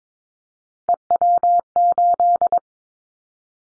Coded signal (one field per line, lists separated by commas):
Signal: Morse code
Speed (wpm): 22 wpm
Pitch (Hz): 700 Hz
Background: none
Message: EW8